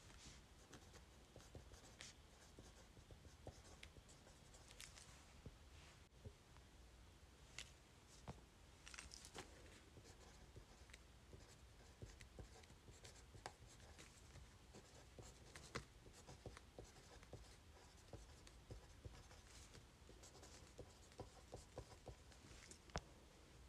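Pen or pencil writing letters on paper, a continuous scratchy rasp broken by quick strokes and short pauses. Brighter ticks and taps land irregularly every second or so, likely the pen lifting and touching down, over a low steady hum underneath.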